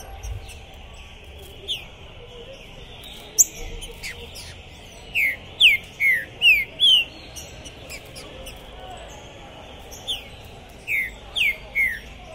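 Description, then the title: Green-winged saltator song: a phrase of rapid, clear descending whistles, then a pause and a second similar phrase, over faint hiss. Captive bird singing at the entrance of a singing tournament, warming up for the contest; described as calling, singing and acting territorial ("macheando"); 2021; song style called "pistoleiro". "ESQUENTAR Seu TRINCA Piando, Cantando E Macheando Na DISPUTA. Esse TRINCA FERRO ficou POSSUÍDO na PORTA do TORNEIO! Trinca Ferro Pistoleiro 2021!"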